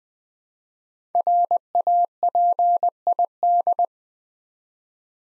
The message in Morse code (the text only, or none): RAPID